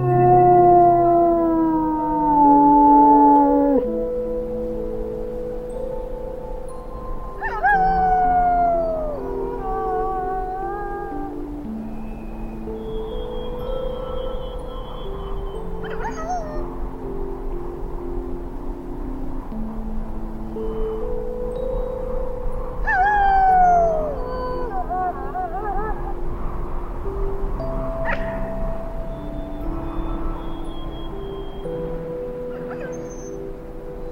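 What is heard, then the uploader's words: Wolves howl over a soft bed of slow music, their long sliding cries rising and falling near 0, 8 and 23 seconds. Sustained low tones shift gently underneath, and brief bright calls flicker higher up, with the level staying fairly even throughout. Sound Of The Wolves - Music and Nature Sounds.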